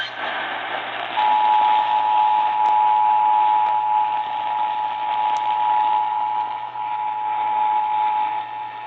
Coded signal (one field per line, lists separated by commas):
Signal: Emergency Alert System (SAME) tones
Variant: 853 and 960 Hz attention tone